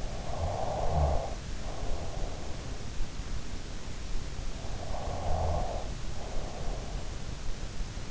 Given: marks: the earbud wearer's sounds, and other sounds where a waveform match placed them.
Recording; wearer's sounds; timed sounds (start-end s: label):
sounds in sleep by an in-ear microphone; snoring breath
0.00-2.41 s: snoring breath
4.32-7.30 s: snoring breath